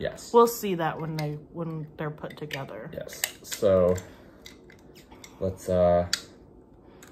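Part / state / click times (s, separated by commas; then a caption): mini vinyl figure into plastic display stand / not seated / none. Someone talks while pushing a small plastic mini vinyl collectible figure into its plastic display stand, and only a faint tick is heard. The figure does not click in, the fit does not feel sturdy, and nothing has seated or clicked yet.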